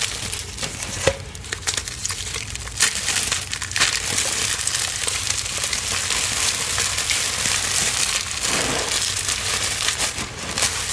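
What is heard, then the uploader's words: Crispy crushing of gym chalk, a dense gritty crackle that runs steadily through the whole clip. Sharper snaps break through near the start and again around the middle, and a soft lower crunch shows near the end. Confetti Reforms + Deep Blue Dyed Chalk Chunks. Crispy, gritty gym chalk crushing sounds, confetti gym chalk reforms, a deep blue dyed gym chalk chunks crushes to perfection.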